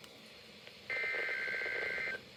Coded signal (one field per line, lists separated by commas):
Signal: Emergency Alert System (SAME) tones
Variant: header bursts